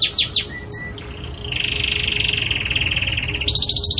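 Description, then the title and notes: Belgian canary song: a few quick downslurred whistles, then a long steady buzzy trill, ending in a higher rapid trill. Belgian canary breed; pure "campainha" song style, sung with pauses; recording made for training other canaries. "Canto Canário Belga Campainha Puro Com Pausa Para Treinamento. CANARIO BELGA"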